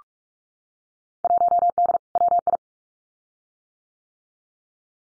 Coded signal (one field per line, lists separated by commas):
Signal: Morse code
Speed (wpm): 46 wpm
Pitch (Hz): 700 Hz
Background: none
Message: 1D WI